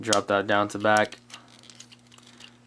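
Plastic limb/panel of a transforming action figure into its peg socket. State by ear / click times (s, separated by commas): seated / 1.6 s, 1.7 s, 1.8 s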